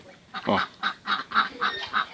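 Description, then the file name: Pekin duck delivering a rhythmic string of several nasal quacks, about every quarter second. "canto do pato de pequim"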